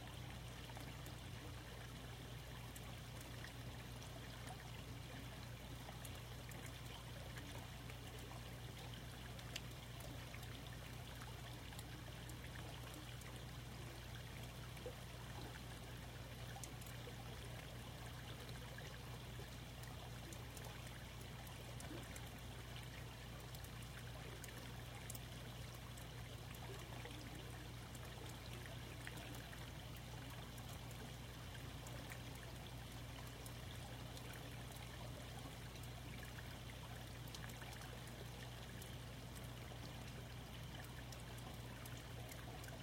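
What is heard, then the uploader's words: Steady rain drips and trickles from a roof in a dense, even patter that holds level for the whole stretch. A constant low hum runs underneath, with faint scattered ticks of drops on top. No car or thunder stands out. End of the Rainstorm before Dawn.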